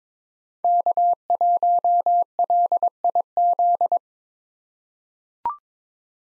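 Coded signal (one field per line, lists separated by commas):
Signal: Morse code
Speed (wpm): 22 wpm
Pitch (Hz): 700 Hz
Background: none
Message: K1LIZ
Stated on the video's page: Computer-generated head-copy drill of common SOTA chaser callsigns at 22 wpm, each sent in Morse, spoken, then sent again.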